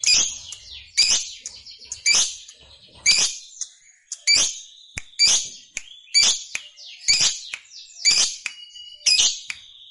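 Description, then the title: Lovebird chirps: sharp, high screechy bursts repeated about once a second, each falling away quickly, with brief quieter twitters between. Fighter lovebird singing energetically (gacor). "Berkat SUARA Lovebird FIGHTER GACOR Ini"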